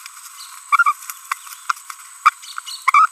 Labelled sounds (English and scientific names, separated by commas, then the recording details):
Green-rumped Parrotlet (Forpus passerinus) babbling
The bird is a female
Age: 30 days
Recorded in a nest box in Venezuela
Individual 17B42B3